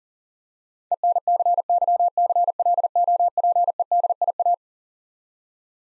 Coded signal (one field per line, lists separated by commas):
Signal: Morse code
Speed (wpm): 37 wpm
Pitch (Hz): 700 Hz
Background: none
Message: ENCYCLOPEDIA